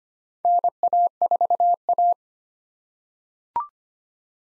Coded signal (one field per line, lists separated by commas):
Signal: Morse code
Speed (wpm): 25 wpm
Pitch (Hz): 700 Hz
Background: none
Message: NA4A